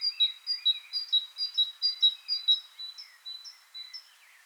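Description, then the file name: Great tit song: clear alternating high-low notes repeated briskly, then the phrase thins to single high notes and fades near the end. "Parus major"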